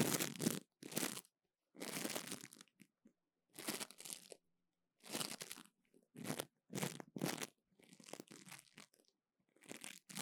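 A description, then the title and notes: Sticky sounds come as short crackling, peeling bursts, about a dozen in ten seconds, separated by brief silences, bright and gritty throughout. 黏答答的聲音 | Sticky Sounds. No Talking.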